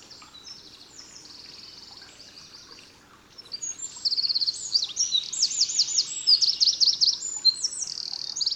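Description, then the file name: Eurasian wren, faint high song at first, then a loud burst of rapid trills and sharp sweeping notes from about four seconds on, against light background noise. "Troglodytes troglodytes"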